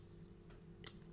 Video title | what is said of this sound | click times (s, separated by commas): MIDLAND BTR1 - L'intercom pointu | et il se déclipse ici. Très bien. Très très bien. | 0.9 s